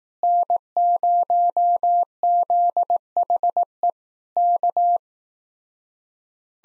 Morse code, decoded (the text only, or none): N0ZHE K